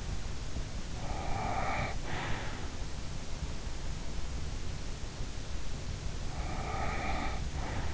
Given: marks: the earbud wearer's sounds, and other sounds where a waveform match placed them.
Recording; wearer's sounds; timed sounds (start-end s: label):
sounds in sleep by an in-ear microphone; snoring breath
0.95-2.70 s: snoring breath
6.48-7.94 s: snoring breath